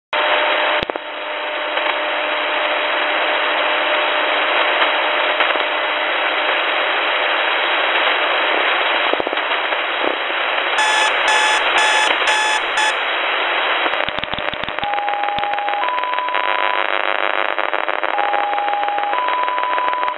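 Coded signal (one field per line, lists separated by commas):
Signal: five-tone selective call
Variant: Mazielka X06b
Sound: steady static hiss, then six quick chord-like tone bursts, later stepping beeping tones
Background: radio static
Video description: the sound burst is "a variant of the Russian Mazielka selcall system called X06, in this case X06b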